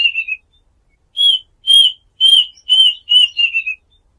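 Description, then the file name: Duck whistled calls, a run of several clear high whistles, the last few dropping slightly in pitch. Call used to lure ducks. "tieng chim goi vit"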